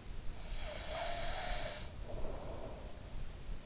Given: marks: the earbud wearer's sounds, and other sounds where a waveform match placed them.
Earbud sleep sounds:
sounds in sleep by an in-ear microphone; snoring breath
0.32-3.18 s: snoring breath

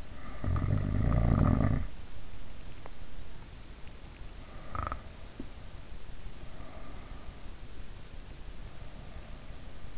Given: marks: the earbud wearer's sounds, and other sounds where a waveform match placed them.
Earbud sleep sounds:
sounds in sleep by an in-ear microphone; snoring breath
0.00-2.28 s: snoring breath
4.34-5.82 s: snoring breath

